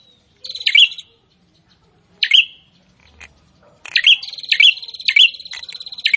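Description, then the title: Prinia song: scattered buzzy phrases at first, then a fast continuous run of rattling notes with sharp accented chips; a faint low thud midway. Prinia singing actively (gacor), presented to make listeners' own prinias more aggressive and vocal. "Prenjak gacor"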